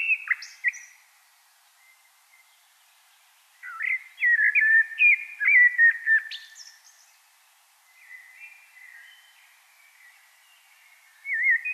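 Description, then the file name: Common blackbird song with rapid fluty warbling and high screechy flourishes, a long central burst flanked by quieter phrases and pauses. "Turdus merula"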